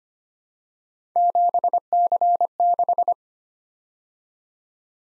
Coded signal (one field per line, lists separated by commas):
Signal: Morse code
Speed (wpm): 25 wpm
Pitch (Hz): 700 Hz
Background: none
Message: 7C6